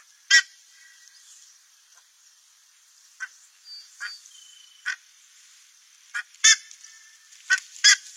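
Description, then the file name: Buff-necked ibis uttering irregular loud harsh honks, several in quick succession near the end, with a soft high whistled note in between. "canto da curicaca"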